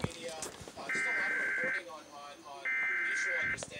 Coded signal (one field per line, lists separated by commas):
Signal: Emergency Alert System (SAME) tones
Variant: header bursts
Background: speech